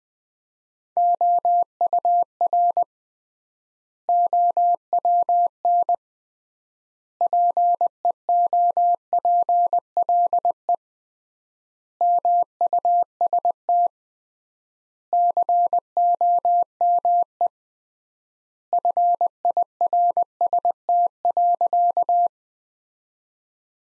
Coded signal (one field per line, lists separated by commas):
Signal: Morse code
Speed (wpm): 21 wpm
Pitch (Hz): 700 Hz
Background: none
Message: OUR OWN PEOPLE MUST COME FIRST.